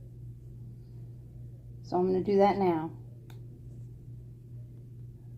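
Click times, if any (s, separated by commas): none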